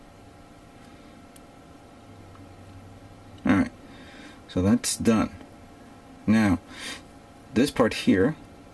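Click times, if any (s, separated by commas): none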